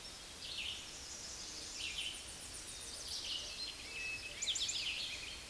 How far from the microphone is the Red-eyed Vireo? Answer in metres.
about 20 m